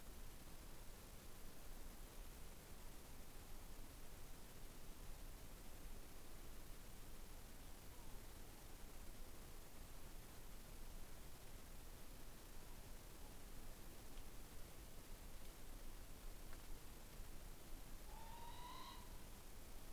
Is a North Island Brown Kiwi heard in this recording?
no